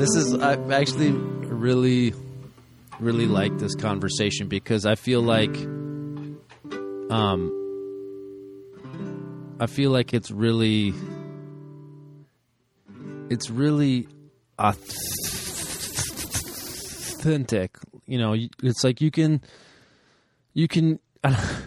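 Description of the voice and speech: A woman speaks haltingly, with stretched sounds, repeated phrases ("I feel like, I feel like", "it's really… it's really") and a near two-second silent stall that splits "au… thentic". These prolongations, repetitions and silent blocks are typical of stuttering.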